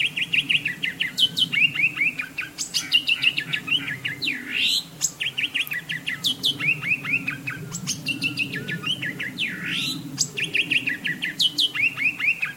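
Bird song of rapid chirps and buzzy trills with steep sweeps, repeating in bursts throughout over a low background hum.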